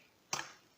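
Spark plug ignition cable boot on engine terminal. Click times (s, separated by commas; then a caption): 0.3 s. A spark plug ignition cable boot is pulled off its terminal on a Hyundai Coupe engine while the ignition cable is being replaced. One sharp snap is heard at 0.3 s against a quiet background, and the boot comes free of the terminal.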